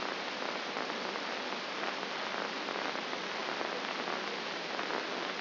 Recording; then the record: brain microelectrode recording played as sound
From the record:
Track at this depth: inside the subthalamic nucleus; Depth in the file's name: 5.101 mm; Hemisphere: left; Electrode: 2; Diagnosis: Parkinson's disease